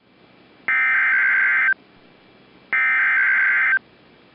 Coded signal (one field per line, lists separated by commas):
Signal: Emergency Alert System (SAME) tones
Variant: header bursts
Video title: 3-1-19 Winter Storm Warnings (EAS #300 - #301)